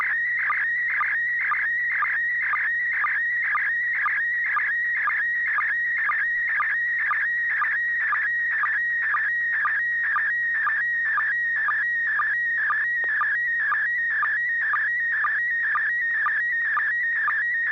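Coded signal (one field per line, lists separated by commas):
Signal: SSTV (slow-scan television)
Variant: PD120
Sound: steady warbling whine around 2 kHz with rhythmic short clicks, about two per second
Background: low hum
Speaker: I'll turn it over to you and see if you have something ready to send uh go ahead over okay this is pd120 n6 pgq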